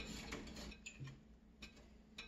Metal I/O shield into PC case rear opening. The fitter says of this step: all right now nice click but it's kind of in there it's holding in there let me just